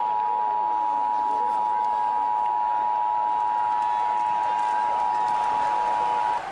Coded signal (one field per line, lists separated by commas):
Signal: Emergency Alert System (SAME) tones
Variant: 853 and 960 Hz attention tone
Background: speech